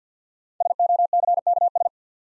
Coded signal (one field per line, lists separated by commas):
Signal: Morse code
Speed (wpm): 47 wpm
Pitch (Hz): 700 Hz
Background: none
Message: SOCKS